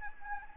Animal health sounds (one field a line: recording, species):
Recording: mosquito wingbeat signal from an infrared sensor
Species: Anopheles gambiae